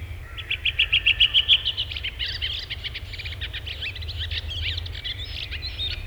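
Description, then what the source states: Redwing song: a rapid run of several clear, evenly repeated high notes, then a scratchy, jumbled twittering that trails on to the end; low hum in the background. Song varies in regional dialects; typically 'try-try-try' ending in a twitter audible only close to the bird; recorded in Finland.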